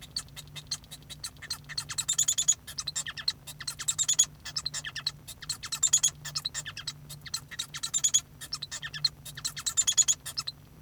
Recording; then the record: song of a male Bengalese finch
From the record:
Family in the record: son of father 1